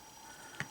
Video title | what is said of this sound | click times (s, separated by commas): Armored Ultra Mode Red Ranger Figure Review! | piece right here goes just straight on locks into place like that | 0.6 s